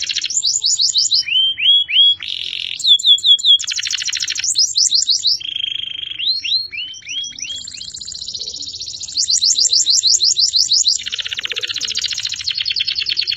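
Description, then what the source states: Canary song with rapid repeated chirps, lower whistled sweeps and buzzy rattling rolls, alternating phrases in quick succession. Champion canary.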